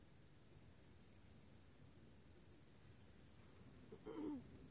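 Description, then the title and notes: Grasshopper call: a continuous high, hissing buzz held steady throughout, with a brief lower sound near the end. Recorded a few years ago in the countryside near the small town of General Alvear, under the summer sun, while filming a documentary. "Nature - Grasshopper. in a small town called General Alvear. I found myself in the middle of the countryside under the summer sun and this little grasshoper appeard"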